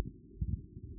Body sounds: neck accelerometer signal played as sound; no cough (speech, laughter, throat clearing or background)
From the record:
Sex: female

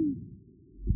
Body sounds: neck accelerometer signal played as sound; no cough (speech, laughter, throat clearing or background)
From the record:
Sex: male

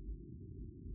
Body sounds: neck accelerometer signal played as sound; no cough (speech, laughter, throat clearing or background)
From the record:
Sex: male

